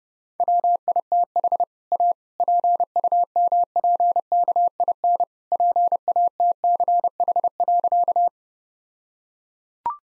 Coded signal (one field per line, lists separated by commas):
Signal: Morse code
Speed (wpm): 30 wpm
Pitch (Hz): 700 Hz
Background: none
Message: WITH A PUMPKIN PATCH.